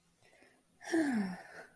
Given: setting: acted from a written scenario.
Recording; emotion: vocal sound without words; serenity